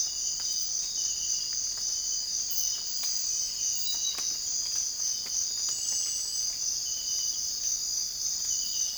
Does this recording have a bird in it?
no